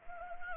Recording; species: mosquito wingbeat signal from an infrared sensor; Anopheles arabiensis